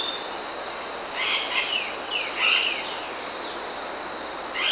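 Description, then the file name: Bird calls, a few short, quick downslurred chirps and one brighter note, faint against a constant high whine. "SABIOD 50 bird 2015"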